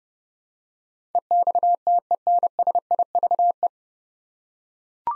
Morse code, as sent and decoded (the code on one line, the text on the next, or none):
. -..- - . -. ... .. ...- .
EXTENSIVE